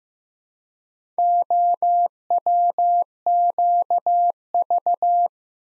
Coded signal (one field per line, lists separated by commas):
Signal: Morse code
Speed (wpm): 15 wpm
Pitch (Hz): 700 Hz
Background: none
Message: OWQV